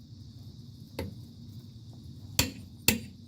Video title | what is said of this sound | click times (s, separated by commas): Worx WX272L Nitro Impact Wrench Review pt 2 | we heard our click | 2.4 s